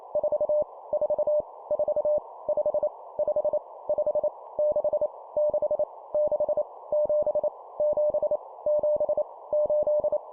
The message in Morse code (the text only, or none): 4 4 4 5 5 5 6 6 6 7 7 7 8